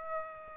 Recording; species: mosquito wingbeat signal from an infrared sensor; Aedes aegypti